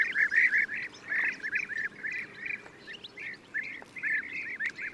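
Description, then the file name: European bee-eater giving rolled, arching 'prrup' notes in quick succession, about three every second. "gyurgyalag"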